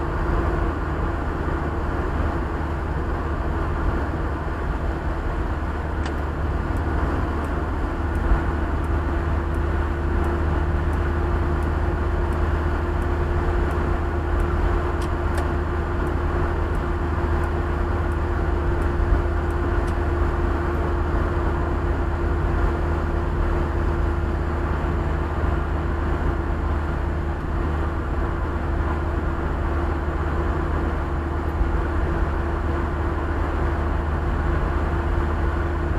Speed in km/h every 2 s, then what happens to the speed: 78, 76, 73, 72, 73, 74, 75, 76, 76, 75, 75, 75, 74, 74, 73, 74, 73, 74.
0-5 slows to 72. 5-36 steady at about 74.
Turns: none.